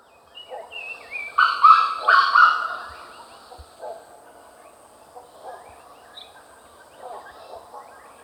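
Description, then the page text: Grey Junglefowl giving a loud, staccato, harsh crowing phrase of several linked notes, then softer scattered clucking notes and low thuds in a quiet background. "Grey Junglefowl Call. Quick Sounds"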